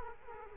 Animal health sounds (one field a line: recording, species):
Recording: mosquito wingbeat signal from an infrared sensor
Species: Culex quinquefasciatus